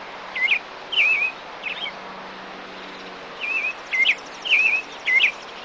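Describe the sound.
Bird calls: seven short whistled wavering notes, three then four, with a pause between the groups.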